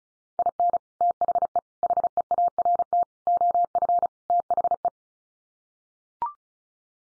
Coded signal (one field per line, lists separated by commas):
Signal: Morse code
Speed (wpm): 34 wpm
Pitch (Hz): 700 Hz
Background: none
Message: IN THE HEART OF THE